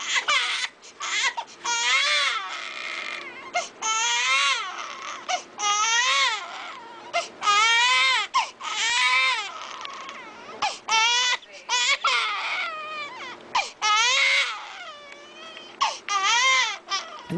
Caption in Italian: C'è un ulteriore tipo di pianto che è frequente tra la seconda e la terza settimana di vita, quando il bambino è proprio piccolino, il pianto delle cosiddette coliche gassose. Quando ha male alla pancia, muove anche le gambe. Sembra essere un bambino che è inconsolabile, che non smette di piangere. Questo di solito avviene nel tardo pomeriggio, nella prima serata.